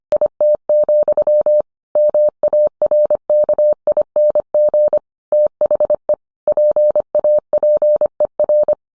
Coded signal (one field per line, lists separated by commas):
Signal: Morse code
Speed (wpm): 25 wpm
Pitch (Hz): 600 Hz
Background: none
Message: IT, MARKING THE PAPER